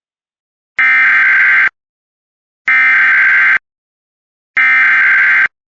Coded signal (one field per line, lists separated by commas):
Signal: Emergency Alert System (SAME) tones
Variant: header bursts